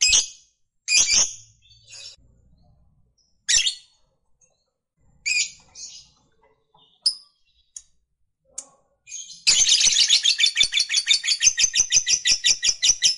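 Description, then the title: Lovebird song, scattered harsh chirps at first, then an unbroken, fast high chatter in the last four seconds. Lovebird that is lazy to sing, prompted to become eager and burst spontaneously into long sustained singing, called narik. "LOVEBIRD Malas Bunyi JADI GREGET SPONTAN Langsung NARIK"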